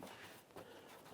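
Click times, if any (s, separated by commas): none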